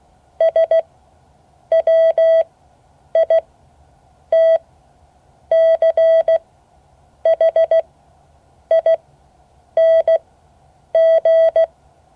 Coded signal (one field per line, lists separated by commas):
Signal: Morse code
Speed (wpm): 16 wpm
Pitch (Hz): 650 Hz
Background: none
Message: SWITCHING